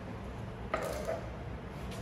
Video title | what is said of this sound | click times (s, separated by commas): How to Install an Air Kit in a 2 in. Bolted Plastic AODD Pump | So you hear the torque wrench click. | 0.7 s